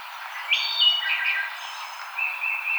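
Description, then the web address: Wood thrush song: a fluted phrase of clear notes stepping down, followed after a pause by a second, quieter whistled phrase. Recorded on 5 May 2007. "Wood Thrush 2007 05 05 Wood Thrush"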